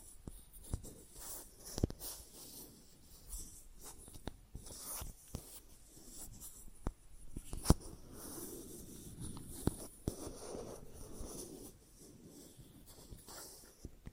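Plastic objects tap and scratch in irregular bursts, sharp clicks scattered throughout, with a louder crack near eight seconds over soft scraping.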